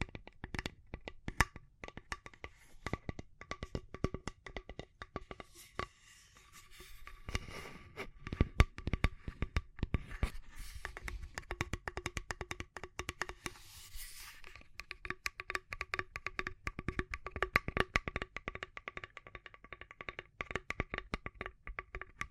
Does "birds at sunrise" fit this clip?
no